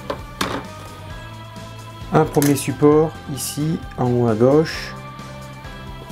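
A plastic reading lamp for a 1/8 scale Citroen C4 WRC 2008 model car is clipped into two locating lugs, one large and one small, on the model's roll cage, with no screws or glue. A sharp snap at 0.4 s marks the lamp seating cleanly, with music playing in the background. Someone then talks.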